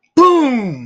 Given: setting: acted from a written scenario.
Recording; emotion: vocal sound without words; triumph